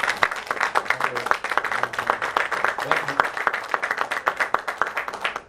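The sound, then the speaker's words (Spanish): An audience applauds steadily to welcome the evening's special guest speaker, many hands clapping in a dense, crackling wash that holds at a fairly even level throughout, with a few brief murmurs of voices underneath. “Así que démosle un fuerte aplauso a Linda, nuestra Sharon Ruth Master.”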